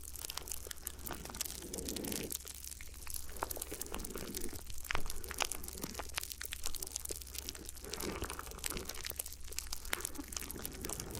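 Crinkly ear massage: dense, continuous crinkling and rustling with many sharp crackly ticks scattered throughout. A soft rubbing sound swells and fades in patches, around 1 to 2 seconds and again near 8 seconds, over a steady low hum underneath.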